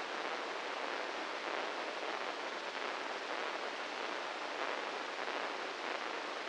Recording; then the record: brain microelectrode recording played as sound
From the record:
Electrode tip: inside the subthalamic nucleus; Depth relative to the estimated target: -1 mm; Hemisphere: right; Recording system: NeuroSet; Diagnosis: Parkinson's disease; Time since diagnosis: 15 years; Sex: male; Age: 65 years